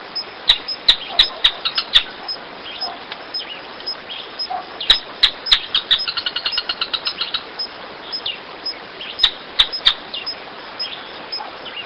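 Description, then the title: Canebrake groundcreeper giving bursts of sharp, high chips, one run speeding into a rapid even series before scattered single notes resume. "LuckyPassaro Completos2Sama. Canebrake Groundcreeper (Clibanornis dendrocolaptoides)"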